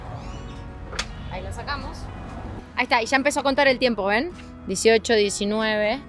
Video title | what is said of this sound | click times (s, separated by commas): Nuestra EXPERIENCIA usando la ECOBICI de CDMX ¿Vale la pena? Opinión + Informarción | ahí se está está ese ruidito que no sé si se escucha hace clac y ya ya la puedes sacar ahí la sacamos | 1.0 s